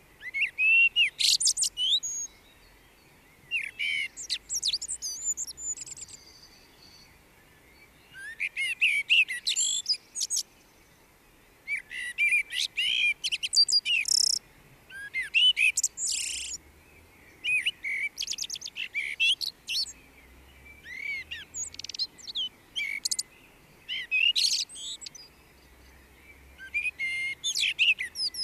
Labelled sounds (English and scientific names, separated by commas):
Common Blackbird (Turdus merula) song